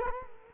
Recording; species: mosquito wingbeat signal from an infrared sensor; Culex quinquefasciatus